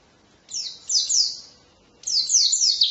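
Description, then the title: White-eye twitter: two short bursts of high, sharp, descending chirps about a second and a half apart. Forest white-eye song material (isian) for training songbirds (masteran). "mster Mnuk. Pleci ngalas isian untuk masteran"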